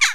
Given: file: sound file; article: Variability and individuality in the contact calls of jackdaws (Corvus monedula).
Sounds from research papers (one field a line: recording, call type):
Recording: jackdaw call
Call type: harmonic